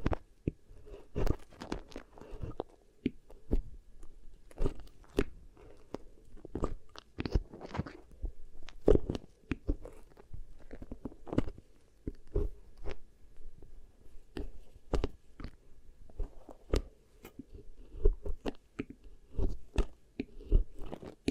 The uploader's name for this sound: Beeswax Ear Triggers